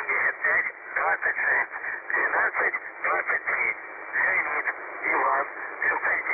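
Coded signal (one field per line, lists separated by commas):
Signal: numbers station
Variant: UVB-76 voice message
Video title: The Buzzer/UVB-76 Voice Message (December 2, 2020 10:59 UTC)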